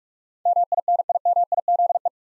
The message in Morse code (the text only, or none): MINIMIZE